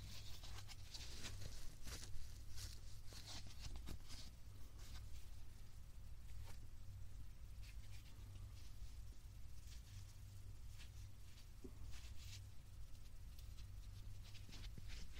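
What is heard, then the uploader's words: Short puffing bursts of air recur irregularly throughout, a few every second, with crisp hissy tops and some clustering near the start and around the 12-second mark. Underneath runs a steady low hum that never changes, with a faint constant whine above it. 말없이 3가지의 퍼프로 귀를 토닥토닥 해드려요 puff sound.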